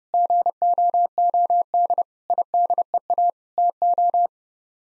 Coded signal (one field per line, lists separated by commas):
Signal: Morse code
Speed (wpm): 32 wpm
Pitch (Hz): 700 Hz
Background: none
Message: GOOD IDEA TO